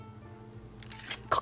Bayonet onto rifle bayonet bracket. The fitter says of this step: Insert the barrel in the ring on bayonet, and push it until it clicks